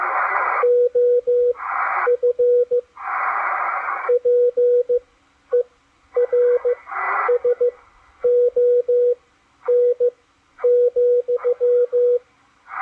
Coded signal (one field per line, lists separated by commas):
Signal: Morse code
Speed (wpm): 15 wpm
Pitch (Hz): 490 Hz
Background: radio noise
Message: OF PERSON,